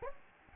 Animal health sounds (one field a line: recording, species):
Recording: mosquito wingbeat signal from an infrared sensor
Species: Anopheles gambiae